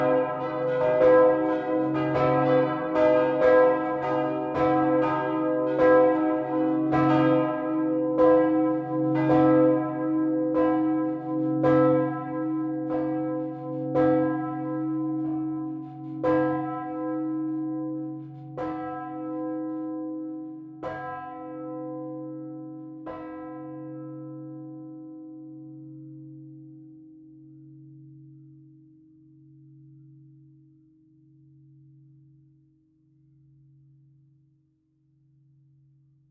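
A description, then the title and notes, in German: Church bells of the Ludwigskirche ring in a dense, overlapping peal, strikes coming quickly at first and then spacing out and thinning after about fifteen seconds. The last strikes fall near twenty-three seconds, and a low humming tone lingers, slowly fading to the end. Ansbach in Mittelfranken. Der schlanke, zweigeschossige Glockenturm der Ludwigskirche trägt vier Glocken. Sie wurden von Joseph Probst in Nördlingen gegossen.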